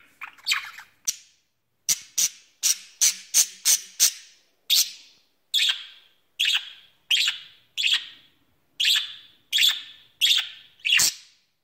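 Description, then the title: Budgerigar calling with quick scratchy chirps that settle into evenly spaced sharp calls. "Budgie Sounds"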